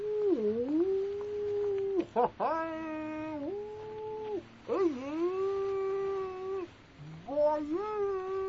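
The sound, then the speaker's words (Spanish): A person imitates whale calls as if talking with whales: long, loud, moaning tones that swoop down and climb again, in several sustained phrases separated by short breaks, with no other talking. “¿estás hablando con las ballenas?”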